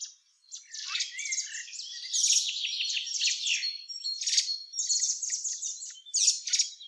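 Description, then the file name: Eurasian blackbird giving steady, hurried high chattering calls with sharp chirps and brief thin whistled notes, barely pausing throughout. "Turdus merula"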